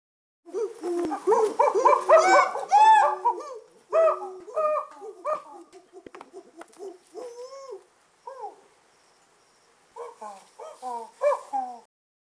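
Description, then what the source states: Chimpanzee excited calls: a stream of hoarse hoots and screeching cries, then shorter whoops, with some thumping. Happy chimpanzee, with thumping.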